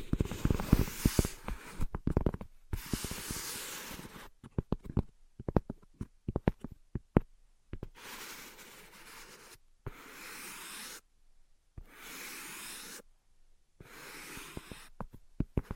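Quick dry tapping clicks in uneven bursts alternate with several long, hissy scratching passages, separated by brief silences across the whole stretch.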